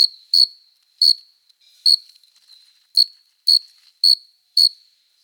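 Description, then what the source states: Cricket chirping: short high buzzy chirps repeated about once every half second to second, with silence between. Close recording of a cricket singing.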